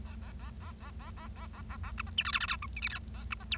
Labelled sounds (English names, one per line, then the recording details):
Bengalese Finch song
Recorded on 25 March 2012 at 19:55
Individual gy6or6